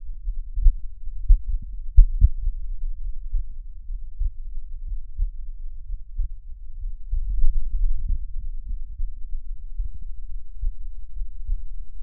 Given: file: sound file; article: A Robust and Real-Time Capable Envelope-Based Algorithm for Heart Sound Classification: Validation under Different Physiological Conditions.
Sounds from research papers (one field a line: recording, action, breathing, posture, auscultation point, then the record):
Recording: heart sounds by electronic stethoscope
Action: rest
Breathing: normal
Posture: lying on stomach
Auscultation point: Erb’s point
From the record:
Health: healthy, no known heart disease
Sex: male